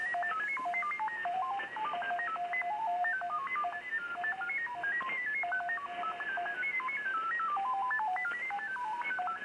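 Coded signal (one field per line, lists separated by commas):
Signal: FT8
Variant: SuperFox mode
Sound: continuous warbling tone jumping rapidly between many pitches over hiss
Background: radio static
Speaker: Here's what it looks like on my Maestro C.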